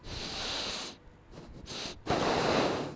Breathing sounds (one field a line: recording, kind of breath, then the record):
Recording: one breath in and out by a microphone near the nose and mouth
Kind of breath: deep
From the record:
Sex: male